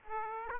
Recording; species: mosquito wingbeat signal from an infrared sensor; Aedes aegypti